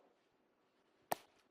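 A keyboard cover is attached to the magnetic connector of a Microsoft Surface tablet, snapping on a second time. After a low, steady background, a single sharp, bright click lands at 1.1 s and decays quickly, followed by a faint trailing blip. The cover seats securely on the tablet.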